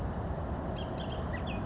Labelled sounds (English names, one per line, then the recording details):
Bullock's Oriole
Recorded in Sonoma County, California